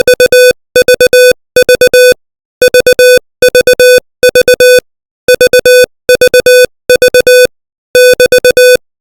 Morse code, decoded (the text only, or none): UVV VVV VVV <BT>